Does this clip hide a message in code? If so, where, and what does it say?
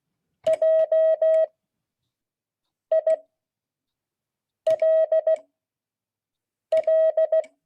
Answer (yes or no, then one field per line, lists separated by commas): yes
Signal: Morse code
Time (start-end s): 0.5-7.4 s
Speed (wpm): 16 wpm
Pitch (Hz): 630 Hz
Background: none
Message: JILL